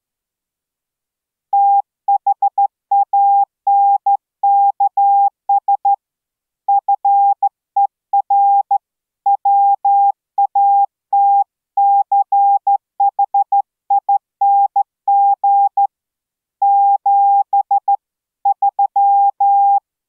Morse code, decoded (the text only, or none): THANKS FER WATCHING 7 3